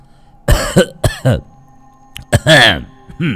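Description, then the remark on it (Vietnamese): A voice imitates the hacking cough of an old man, the story character Ông Xuân, on a cold night: a cluster of harsh, throaty bursts, a brief pause, then a second rough, drawn-out cough with a wheezy tail. “Có lẽ đêm lạnh, ông Xuân ho lên những tiếng khủ khụ.”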